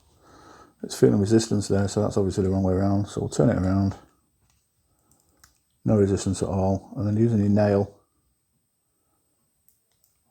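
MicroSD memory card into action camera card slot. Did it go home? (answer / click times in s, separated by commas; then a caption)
yes / 9.7 s, 10.0 s. Someone talks while a microSD memory card is turned around after meeting resistance, then pushed with a fingernail into the spring-loaded card slot of an Apeman A79 action camera. Faint clicks at 9.7 s and 10.0 s mark the card latching into the slot, where it sits smooth and flush across.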